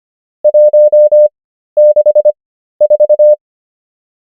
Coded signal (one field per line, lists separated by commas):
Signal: Morse code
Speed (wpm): 25 wpm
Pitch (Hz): 600 Hz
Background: none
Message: 164